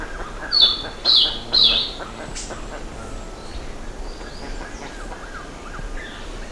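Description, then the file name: Bird chirps, three loud high notes in quick succession, followed by softer scattered calls and faint chatter. "SABIOD 50 bird 2015"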